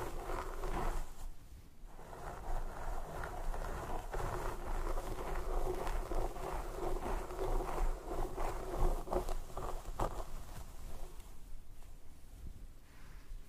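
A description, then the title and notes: Hair being brushed and a scalp massaged make a continuous scratchy rustle with a low rumble underneath. Brush strokes come as quick, fairly regular bursts of bright scraping, heaviest from about two to ten seconds. Brief quieter pauses fall near one and twelve seconds. Scalp Massage & Hair Brushing.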